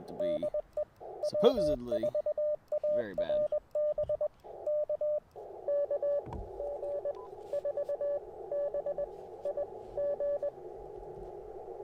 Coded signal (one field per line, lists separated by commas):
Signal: Morse code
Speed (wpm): 21 wpm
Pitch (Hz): 590 Hz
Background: speech, radio noise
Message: DE W4ARB K KG4BIG